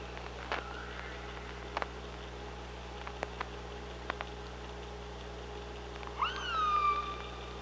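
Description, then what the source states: Killer whale call: after several seconds of clicks, a loud upswept harmonic cry that flattens into a sustained tone, over a steady low hum. Recorded with an OrcaLab hydrophone on 24 August 2017 at 05:31:26.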